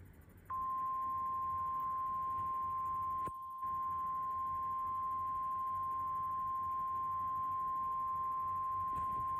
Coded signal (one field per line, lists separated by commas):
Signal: Emergency Alert System (SAME) tones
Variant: 1050 Hz attention tone